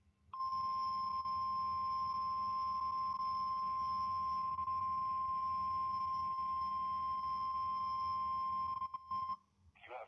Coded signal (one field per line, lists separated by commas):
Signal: Emergency Alert System (SAME) tones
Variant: 1050 Hz attention tone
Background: speech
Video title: Oklahoma city NOAA weather radio weekly test